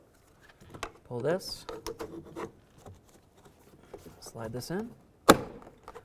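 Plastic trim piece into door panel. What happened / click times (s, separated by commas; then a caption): The plastic trim piece snapped into place / 5.3 s. A plastic trim piece is slid into the door panel of a 2000-2005 Buick LeSabre during a front interior door handle replacement, while someone talks. A loud, sharp snap at 5.3 s marks the trim piece locking into place, followed by a few faint ticks.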